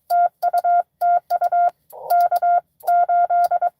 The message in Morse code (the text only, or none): TU TU K8